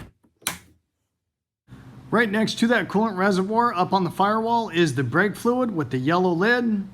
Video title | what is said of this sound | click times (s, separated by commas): 2012 Porsche Panamera 3.6L v6 oil change w/ reset & fluid checks | When tightening down the coolant reservoir cap, you should hear a click telling you are tight. | 0.5 s